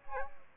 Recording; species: mosquito wingbeat signal from an infrared sensor; Aedes aegypti